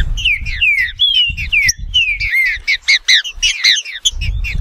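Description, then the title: Green-winged saltator song: rich whistled notes, many sliding downward, then quicker sharp notes, with low rumbling at times. Wild bird singing in woodland, competing with a free-living bird; local name trinca-ferro. "Trinca Ferro NICÃ O"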